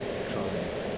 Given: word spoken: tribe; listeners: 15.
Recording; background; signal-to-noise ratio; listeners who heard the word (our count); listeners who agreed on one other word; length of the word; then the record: one English word in noise, from a listening test; speech-shaped noise; -5.9 dB; 1 of 15; 10 of 15; 0.58 s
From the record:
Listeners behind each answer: 10, 1, 1, 1, 1, 1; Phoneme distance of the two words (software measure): 7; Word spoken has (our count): 1 syllable, 4 phonemes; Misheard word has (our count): 1 syllable, 3 phonemes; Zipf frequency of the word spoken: 3.69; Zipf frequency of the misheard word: 5.65